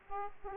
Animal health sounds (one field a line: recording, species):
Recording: mosquito wingbeat signal from an infrared sensor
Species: Aedes aegypti